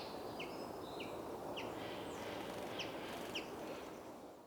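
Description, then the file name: Common chaffinch calls: several short, sharp descending notes over a broad background of noisy hiss. "Fringilla coelebs"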